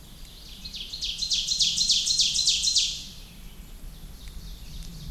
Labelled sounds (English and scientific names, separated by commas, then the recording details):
Ovenbird (Seiurus aurocapilla) song
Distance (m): 20 m
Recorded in boreal forest in Alberta, Canada, on 28 May 2016 at 06:37
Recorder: SongMeter 3, array SBT-3-49
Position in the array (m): 110 m, 257 m
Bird 14